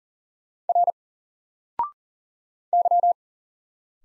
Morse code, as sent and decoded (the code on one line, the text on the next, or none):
.-. / -.--
R Y